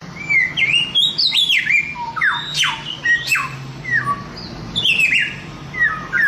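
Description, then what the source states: Chinese grosbeak song: a busy run of clear whistled notes, steep downward sweeps and short harsh squawks, loud and continuous, over a faint low hum. Samyong (Chinese grosbeak) masteran, a song-training recording.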